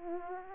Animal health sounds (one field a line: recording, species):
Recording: mosquito wingbeat signal from an infrared sensor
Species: Aedes aegypti